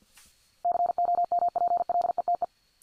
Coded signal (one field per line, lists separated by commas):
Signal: Morse code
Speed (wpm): 50 wpm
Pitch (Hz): 700 Hz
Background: none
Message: COMPLETE